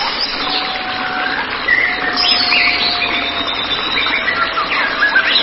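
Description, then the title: White-rumped shama song, with long, flat, sustained whistles that alternate with bursts of brighter warbling phrases against constant hiss. "Kicau Murai Batu"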